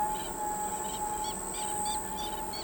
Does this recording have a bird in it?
yes